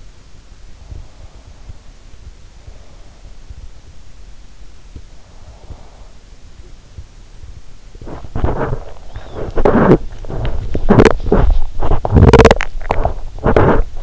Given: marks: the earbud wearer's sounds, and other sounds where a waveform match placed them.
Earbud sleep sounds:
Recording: sounds in sleep by an in-ear microphone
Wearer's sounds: breath, body movement, teeth grinding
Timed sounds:
0.80-3.50 s: breath
5.34-6.25 s: breath
8.02-14.03 s: body movement
10.82-11.24 s: teeth grinding
12.12-12.78 s: teeth grinding

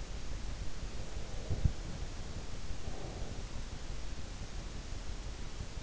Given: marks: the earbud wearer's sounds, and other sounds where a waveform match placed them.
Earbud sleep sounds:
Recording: sounds in sleep by an in-ear microphone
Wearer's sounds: breath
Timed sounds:
0.57-3.88 s: breath

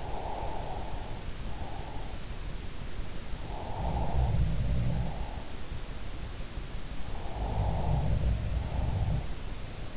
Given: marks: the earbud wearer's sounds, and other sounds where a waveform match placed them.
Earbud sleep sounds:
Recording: sounds in sleep by an in-ear microphone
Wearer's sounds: breath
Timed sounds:
0.00-2.01 s: breath
3.66-5.33 s: sound from someone else or the room
7.27-9.31 s: sound from someone else or the room

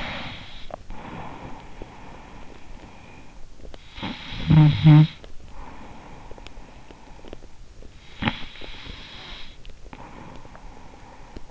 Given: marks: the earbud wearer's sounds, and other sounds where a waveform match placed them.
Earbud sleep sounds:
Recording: sounds in sleep by an in-ear microphone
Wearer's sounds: breath, snoring breath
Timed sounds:
0.00-3.48 s: breath
3.48-7.30 s: snoring breath
8.03-11.51 s: snoring breath

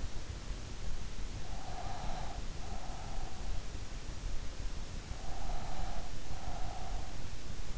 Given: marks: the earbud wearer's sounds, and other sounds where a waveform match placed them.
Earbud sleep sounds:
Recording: sounds in sleep by an in-ear microphone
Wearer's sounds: breath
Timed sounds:
1.63-3.50 s: breath
5.27-7.27 s: breath

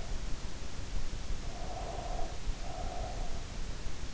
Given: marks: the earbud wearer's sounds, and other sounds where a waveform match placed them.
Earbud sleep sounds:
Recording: sounds in sleep by an in-ear microphone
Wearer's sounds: breath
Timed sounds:
1.38-3.45 s: breath

